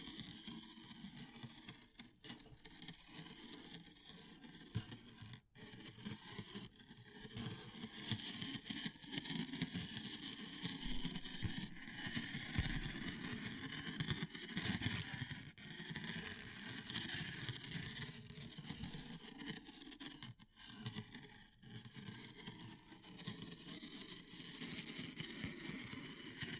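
Wood, bamboo and straw are handled continuously, making a dense, scratchy rustle with a low rumbling undertone. The crackle stays busy throughout, with brief sharp breaks near 2, 5, 15 and 20 seconds and a slightly fuller, rougher stretch around 10 to 15 seconds.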